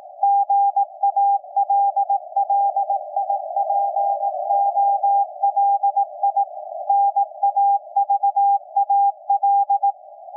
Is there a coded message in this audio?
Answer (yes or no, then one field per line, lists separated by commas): yes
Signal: Morse code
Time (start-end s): 0.2-9.9 s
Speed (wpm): 18 wpm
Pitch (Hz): 800 Hz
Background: none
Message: GALLIPOLI NAVAL